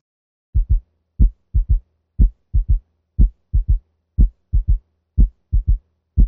Listen to S3 in the mitral valve region using the bell of the stethoscope at 60 beats per minute. S3 is quite loud. Note that the cadence is 1, 2, 3.